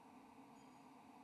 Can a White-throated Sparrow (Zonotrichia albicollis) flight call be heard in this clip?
no